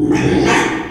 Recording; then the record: squeal of a Yucatan mini pig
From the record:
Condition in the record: after surgery on the right vocal fold (resection and tissue-engineered implant); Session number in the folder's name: 3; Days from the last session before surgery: 33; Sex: male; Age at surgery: 12 weeks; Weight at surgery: 13 kg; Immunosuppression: cyclosporine, prednisolone